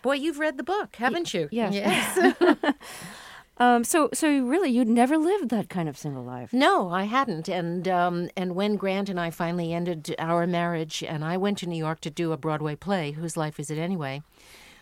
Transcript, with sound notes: Boy, you've read the book, haven't you?
Yes.
Yes.
(Laughter) So, really, you'd never lived that kind of single life.
No, I hadn't. And when Grant and I finally ended our marriage and I went to New York to do a Broadway play "Whose Life Is It Anyway?"